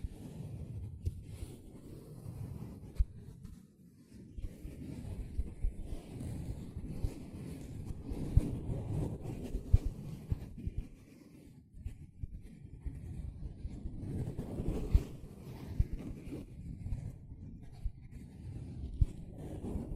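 A sponge is scrubbed and squished in a steady, dense run of soft, low rubbing strokes, with rough scratchy texture throughout. Sharp clicks and ticks pop out every few seconds, and the rubbing eases briefly near 4 and 12 seconds before resuming.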